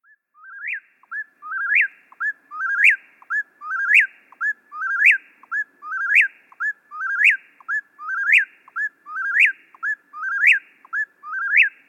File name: Whip poor will Eastern